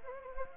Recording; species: mosquito wingbeat signal from an infrared sensor; Anopheles gambiae